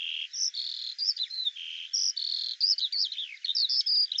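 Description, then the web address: Eurasian skylark: high, sustained whistled notes alternating with rapid twittering and slurred chirps in a continuous flowing sequence. "Deverinetal 2025 File cleaned normalized Bird Al Ar"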